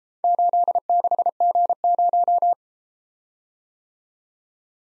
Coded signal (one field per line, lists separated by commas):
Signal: Morse code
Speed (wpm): 33 wpm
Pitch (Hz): 700 Hz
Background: none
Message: 86G0